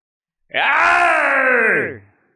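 A man lets out a single loud, strained battle cry as he slams his fist down, held steady for about a second and a half before his voice drops in pitch and cuts off.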